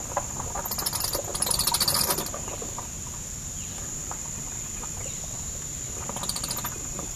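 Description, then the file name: Myotis bat chatter: a loud burst of fast, buzzy clicks early on, then a shorter burst near the end, with a constant high-pitched whine throughout. Roosting bats recorded at Congaree, South Carolina, on 30 October 2006. "OMV-10-30-06-Congaree SC Roosting Myotis"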